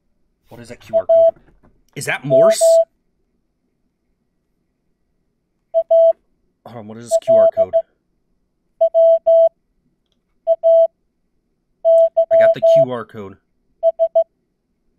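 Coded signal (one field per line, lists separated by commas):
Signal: Morse code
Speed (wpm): 16 wpm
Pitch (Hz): 660 Hz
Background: speech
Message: AM ALWAYS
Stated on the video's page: Heard in an indie horror game imitating late-80s software.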